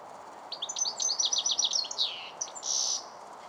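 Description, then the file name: European goldfinch twittering phrase, a rapid run of high tinkling notes lasting under two seconds, then a short buzzy note, against a steady background hiss. "Carduelis carduelis"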